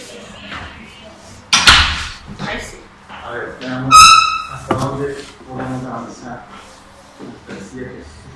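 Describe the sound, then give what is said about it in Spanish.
A classroom door swings shut with a sharp, loud slam, then a brief high squeak and another bump follow, while people keep talking throughout. “Profesor, cerramos la puerta.”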